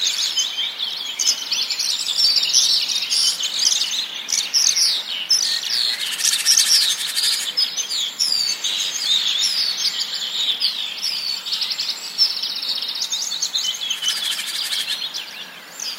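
A rich chorus of many birds sings together without pause, overlapping chirps, trills and whistles filling the high range densely from start to finish. The singers have a soft, steady outdoor hush beneath and no low sounds.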